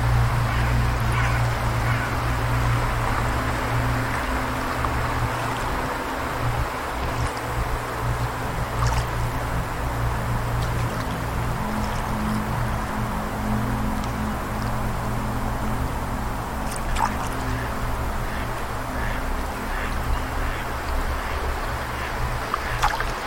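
Water rushes steadily and densely throughout, an even wash with no pauses. Beneath it sit low, sustained droning tones, and a few brief, bright chirps or clicks break through near the end, around seventeen and twenty-two seconds.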